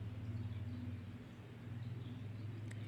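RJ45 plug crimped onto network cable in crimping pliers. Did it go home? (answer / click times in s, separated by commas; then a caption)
yes / 2.7 s. An RJ45 plug on a network cable is placed in a crimping tool and squeezed until fully pressed, over a steady low hum. A short, sharp click is heard at 2.7 s as the tool completes the crimp and the plug is seated.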